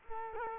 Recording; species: mosquito wingbeat signal from an infrared sensor; Culex quinquefasciatus